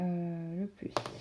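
Someone talks while handling the plastic lid of a small diamond-painting drill storage box, which is meant to snap into its catch. Faint handling taps follow the voice near the end, but the lid has not yet clicked shut or seated.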